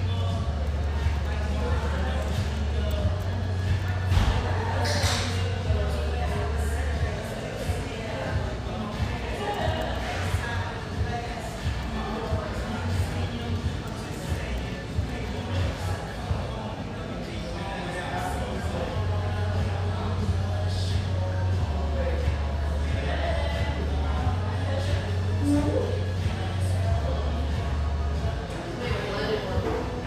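Café chatter and overlapping voices run steadily throughout, over a thumping low bass beat of upbeat music, with occasional clinks and brief sharp sounds.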